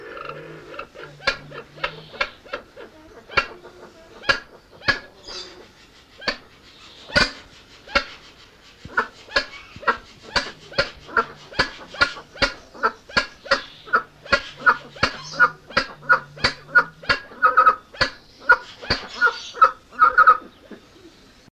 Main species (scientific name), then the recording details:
Guttera pucherani. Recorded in captivity. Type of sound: call. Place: Zoo Augsburg, Bayern, DE. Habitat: river. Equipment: Halbspur, 9,5 cm/s. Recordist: Lütgens, Hans. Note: Rufe